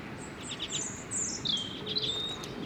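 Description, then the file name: European robin singing a string of high, thin whistles and trilled notes, with faint background noise underneath. "Erithacus rubecula"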